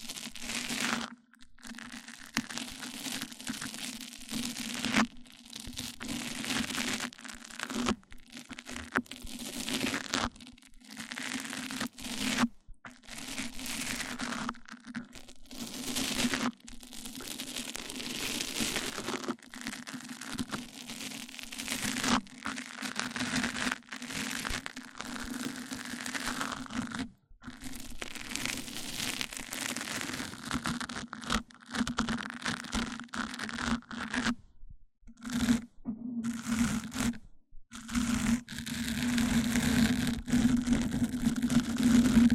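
Mic-on-mic triggers: dense rubbing, crinkling scratches with a steady low hum beneath, broken by brief silent gaps every few seconds.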